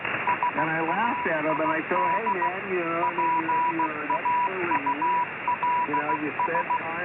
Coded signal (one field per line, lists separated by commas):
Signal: Morse code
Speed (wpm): 16 wpm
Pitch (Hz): 980 Hz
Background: speech, radio noise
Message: SAID PAULS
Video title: ILLEGAL RADIO